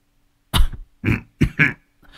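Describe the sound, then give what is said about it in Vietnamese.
An old, ill man sitting huddled up coughs painfully in four harsh, rough bursts with short gaps between them, followed by a faint, raspy trailing breath. “Lão Bằng ngồi co ro, ho lên khổ khổ”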